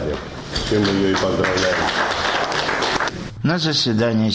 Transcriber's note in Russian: аплодисменты